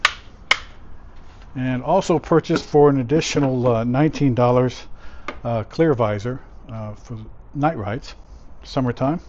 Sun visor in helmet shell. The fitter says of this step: goes up two clicks